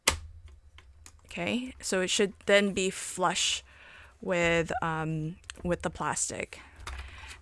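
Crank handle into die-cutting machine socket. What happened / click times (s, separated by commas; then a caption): The plastic handle snapped into its socket / 0.1 s. A plastic crank handle is pushed into its socket on the side of a manual die-cutting machine and clicks into place at 0.1 s, with a few faint taps following. Someone then talks, and the handle is seated flush with the plastic.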